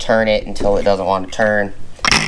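With the spindle lock button held on a Milwaukee M18 Fuel 4 1/2 to 5 inch paddle switch grinder (2780-20), a metal disc is turned by hand to tighten the flange lock nut on the angle grinder spindle. Someone talks through most of the clip, and a brief bright metallic sound comes near 2.1 s. Nothing has seated or clicked yet; the lock nut is not yet home.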